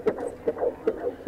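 Fast, regular whooshing pulses, about 150 a minute: the heartbeat of a baby boy picked up on ultrasound Doppler, with the 31-year-old mother due next February, in Spartanburg, South Carolina; the baby looks great.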